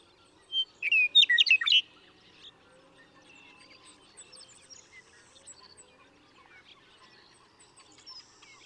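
Western meadowlark gives a short burst of whistles and a rapid gurgling flourish near the start, after which only soft chirping of other birds remains.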